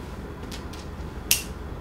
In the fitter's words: 이렇게 딸깍 소리가 날때까지 여식 이만하면 이미 준비는 끝이 났구요